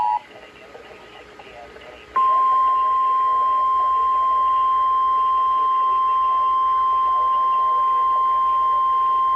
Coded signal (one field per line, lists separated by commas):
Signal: Emergency Alert System (SAME) tones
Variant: 853 and 960 Hz attention tone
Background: speech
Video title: WHEN YOU OVERSLEPT AND MISSED THE MFL WEEKLY - EAS Alert Tests From 11/1/23 (EAS #1067-1072)